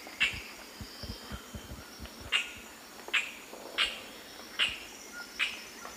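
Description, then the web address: Amazon kingfisher giving short, sharp high calls at uneven intervals, roughly once a second after a longer opening gap, over a steady insect background. Song and calls of a pair; eastern lowlands of South America. "Natures Songs S America Eastern Lowlands. Chloroceryle amazona, song and calls pair"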